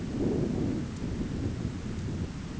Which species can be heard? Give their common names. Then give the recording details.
none. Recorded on Arctic tundra, site ZACK-1, on 15 June 2019. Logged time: 19:49